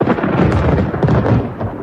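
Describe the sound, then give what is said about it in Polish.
Thunder rumbles through a storm in a loud, continuous roll with deep low-end weight and a few swelling surges, with no voices. “Obfite ulewy, grad wielkości piłeczek do ping-ponga, porywisty wiatr, błyskawice i grzmoty.”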